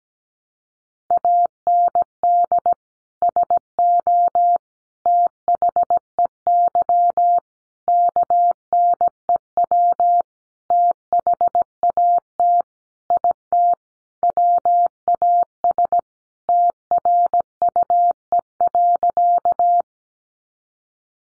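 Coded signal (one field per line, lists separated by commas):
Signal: Morse code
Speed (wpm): 17 wpm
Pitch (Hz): 700 Hz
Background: none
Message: AND SO THEY KNEW THAT IT WAS TRUE.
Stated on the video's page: Head-copy drill of sentences from the top 400 words at 17wpm, each sent in Morse, spoken, then sent again.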